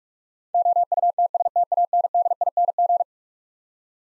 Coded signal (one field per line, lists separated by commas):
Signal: Morse code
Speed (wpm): 45 wpm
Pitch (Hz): 700 Hz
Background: none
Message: OUTSTANDING